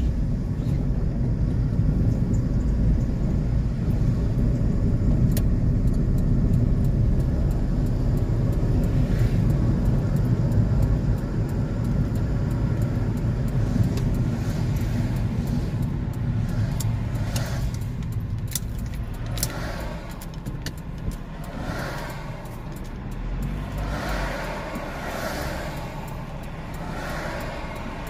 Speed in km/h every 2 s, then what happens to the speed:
26, 31, 36, 40, 43, 40, 31, 19, 9, 3, 1, 1, 0, 0.
0-9 speeds up to 43. 9-19 brakes to 1. 19-28 standing.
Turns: none.